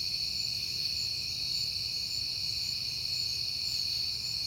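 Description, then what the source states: Many crickets trilling together, a constant bright high drone, steady throughout, with quiet low-frequency rumble beneath. Crickets at night in September, on a peaceful night.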